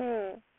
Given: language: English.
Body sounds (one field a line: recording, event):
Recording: throat vibration sensor signal played as sound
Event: speech